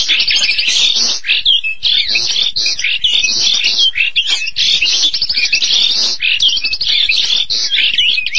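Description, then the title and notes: Starling song, a dense, unbroken stream of rapid chattering, whistled and buzzy notes, high-pitched and varied, continuing without pause through the whole stretch. "suara burung jalak"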